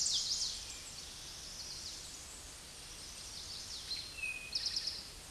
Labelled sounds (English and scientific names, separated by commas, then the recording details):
Eastern Towhee (Pipilo erythrophthalmus) song
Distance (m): 15 m
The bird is about level with the microphone
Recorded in a Pennsylvania forest on 16 May 2024 at 08:23
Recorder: AudioMoth, point MSD-1360
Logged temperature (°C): 14.8 °C
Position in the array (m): 170 m, 190 m